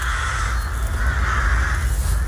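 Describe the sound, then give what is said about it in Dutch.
A dense chorus of rooks cawing in Heerenveen, many harsh, raspy calls overlapping into a steady, loud racket with a low rumble underneath and no voices. “Dus die zijn gewoon naar een dorpje verhuisd waar geen roeken zijn.”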